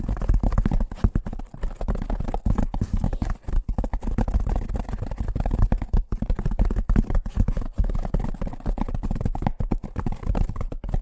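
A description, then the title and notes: Fast tapping runs without pause for the whole stretch, a dense stream of quick, soft hits with a dull, low, thumping quality. The pace stays busy and a little uneven, with brief gaps now and then, over a constant low hum. ASMR Braingasm Inducing Fast Tapping (No Talking).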